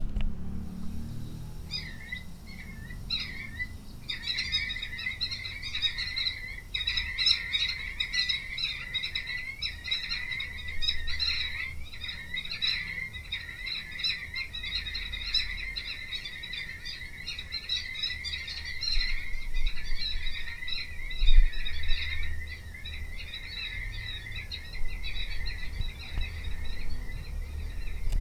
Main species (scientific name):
Vanellus lugubris